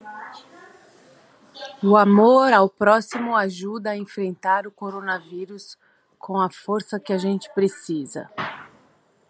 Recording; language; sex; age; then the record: spoken sentence; Brazilian Portuguese; female; 40 to 49 years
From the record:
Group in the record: control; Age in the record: 42 years